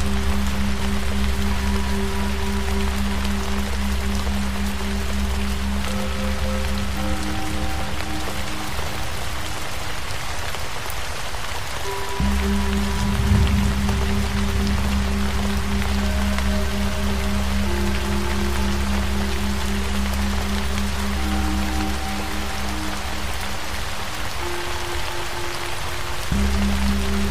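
Tibetan singing bowls ring out over a steady wash of rain-like white noise. Low, sustained bowl tones hold for long stretches, breaking off around the eleventh second and again near the end, while fresh, higher bowl notes enter and fade every few seconds.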